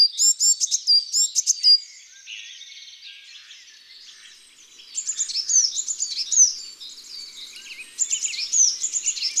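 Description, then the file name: Eurasian blue tit: bright, high, rapid chattering at the start, soft twittering after it, then renewed bursts of lively high notes. Recorded in a garden. "Mesange bleue"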